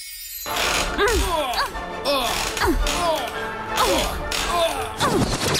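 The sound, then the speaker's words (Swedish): In a Swedish radio advertisement, a rocking chair creaks over and over in a steady rhythm, each squeak bending up and down in pitch. It is mixed with sharp thwacks of a tennis ball being struck during a recorded tennis match, set to an atmospheric classic tune. “Du har just hört ljud från en knarrande gungstol, ljudupptagningar från en tennismatch, till tonerna av en stämningsfull klassiker.”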